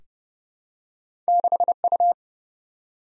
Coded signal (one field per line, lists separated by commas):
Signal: Morse code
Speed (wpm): 30 wpm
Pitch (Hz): 700 Hz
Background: none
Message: 6U